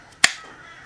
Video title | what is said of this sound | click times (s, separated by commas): cKc 5 inch Thrive review: The All-Rounder | nice positive click home | 0.2 s